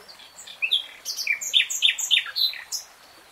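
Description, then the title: Nightingale song: a varied string of whistled and chuckling notes in quick succession. Nightingale singing in real time. "[Tiếng chim hót] 3 Hours REALTIME Nightingale Singing"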